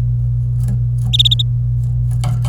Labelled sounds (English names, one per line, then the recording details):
Domestic Canary song
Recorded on 26 April 2018 at 09:13
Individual llb3